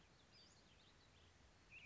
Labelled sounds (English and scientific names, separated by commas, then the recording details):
Western Flycatcher (Empidonax difficilis)
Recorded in Sonoma County, California